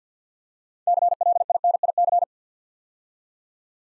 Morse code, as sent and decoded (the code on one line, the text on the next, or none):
-.-. .-.. .. -. .. -.-.
CLINIC